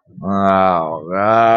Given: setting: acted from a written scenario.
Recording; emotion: vocal sound without words; disappointment